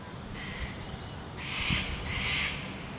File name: Sulphur-crested cockatoo